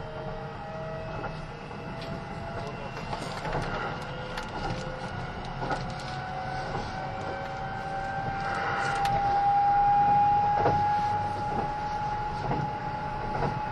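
A Kintetsu 80000 series Hinotori express train runs with a steady low rumble and scattered clicks from the rails. A thin motor whine climbs slowly and grows louder around nine to eleven seconds, then holds steady as the run continues.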